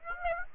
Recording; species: mosquito wingbeat signal from an infrared sensor; Aedes aegypti